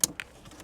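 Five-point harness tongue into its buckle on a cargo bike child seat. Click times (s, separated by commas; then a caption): 0.0 s. The tongues of a five-point child harness are pushed into the buckle on a child seat in the cabin of a Winther Kangaroo Luxe cargo bike. A sharp snap at 0.0 s marks the buckle seating shut, followed by a second, quieter click at about 0.2 s and a faint tick near 0.6 s.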